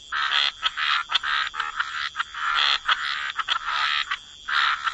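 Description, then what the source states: Raspy frog croaks in uneven bursts, several callers overlapping, some calls long and grating, others quick pulses. Frog chorus.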